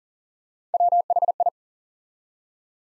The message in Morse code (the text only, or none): WHI